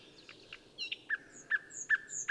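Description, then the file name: Common nightingale song: a series of clear repeated notes at a steady pace, with faint high whistles between them. "Luscinia megarhynchos"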